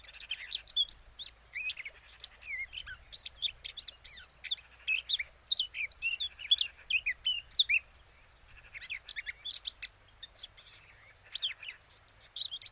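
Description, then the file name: Eurasian blackcap giving a long run of rapid, varied twittering notes in several phrases, with a short pause around eight seconds. "Sylvia atricapilla"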